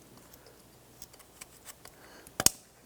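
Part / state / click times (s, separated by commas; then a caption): ignition coil wire connector onto ignition coil / seated / 2.4 s, 2.5 s. An ignition coil wire connector on a 2007–2012 Nissan Versa is pushed on by hand onto its ignition coil over the new valve cover. After a few faint ticks, a sharp double click at 2.4 s and 2.5 s marks the connector snapping into place, fully seated.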